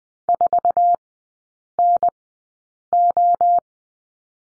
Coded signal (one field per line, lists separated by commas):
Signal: Morse code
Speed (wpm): 20 wpm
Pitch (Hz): 700 Hz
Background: none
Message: 4NO